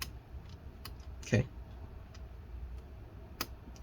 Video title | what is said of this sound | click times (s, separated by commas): DELL Inspiron 15 5567 Disassembly Fan Heatsink Replacement Repair Thermal Paste Application | then screw number two Twist it till it clicks | 0.0 s